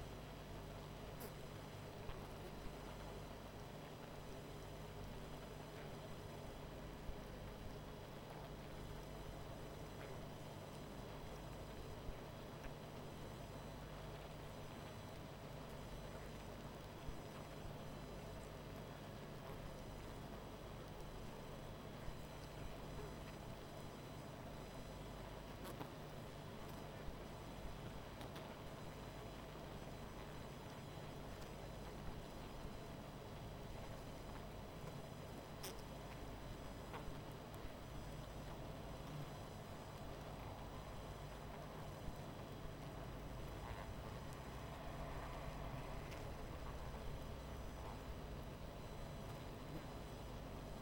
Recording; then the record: honeybee colony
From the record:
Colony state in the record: missing queen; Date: 14 July 2017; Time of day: 20:30